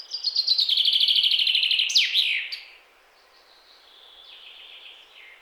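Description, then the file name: Common chaffinch singing a rapid, cascading series of chirpy notes that drops in pitch and closes with a quick terminal flourish; a softer song follows. "Fringilla coelebs"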